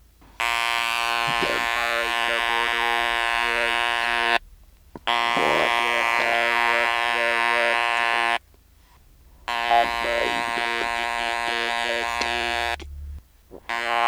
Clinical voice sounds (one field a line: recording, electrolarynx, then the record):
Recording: speech with an electrolarynx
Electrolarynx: modified device, with random pitch perturbation and pitch set by sex and age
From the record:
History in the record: total laryngectomy